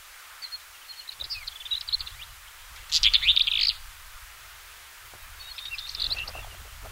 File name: blackearedwheatear